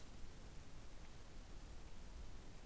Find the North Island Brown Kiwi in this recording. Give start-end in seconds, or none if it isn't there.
none